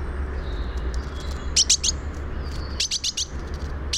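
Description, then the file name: Great tit calls, clusters of three sharp high chips separated by a pause of about a second, over low rumbling background noise. "Parus major"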